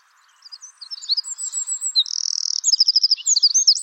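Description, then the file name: Eurasian wren song building from faint notes into a brisk high trill and rapid chattering phrases. "Troglodytes troglodytes"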